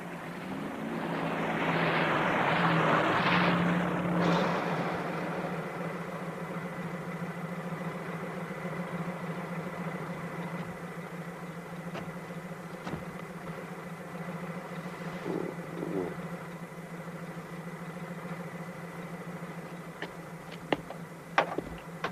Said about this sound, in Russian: Навстречу подъезжает милицейская машина.